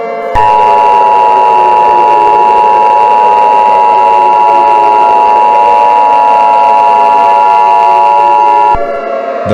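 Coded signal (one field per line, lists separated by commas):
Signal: Emergency Alert System (SAME) tones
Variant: 853 and 960 Hz attention tone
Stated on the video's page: Simulated EAS alert tones for a fictional zombie invasion scenario.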